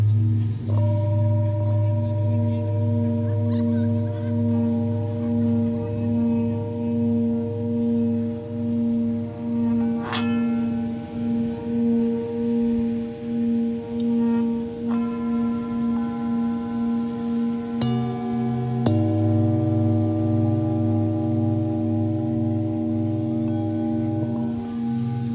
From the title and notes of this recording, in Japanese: メキシコから シンギングボウルのサウンドヒーリング ライブ。